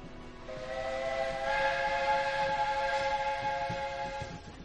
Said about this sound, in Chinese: 蒸汽列车轰轰隆隆地离开了西北，重新从山野之间驶向中原。